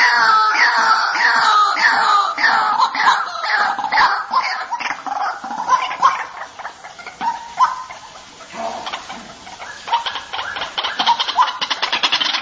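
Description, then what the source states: White-breasted waterhen calls: loud, harsh croaking notes repeated rapidly in a dense overlapping series, about three per second, shifting to quicker buzzy notes toward the end. Lure (pikat) recording of a champion waterhen's call.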